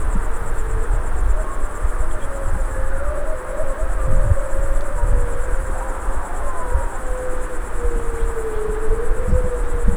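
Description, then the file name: Wolf howl, a sustained mid-pitched tone drifting gently up and down, with a brief higher overlapping voice midway; continuous high insect trilling and low background rumble. Adult wolves, Tinée, 2004. "loups adultes moy tinee"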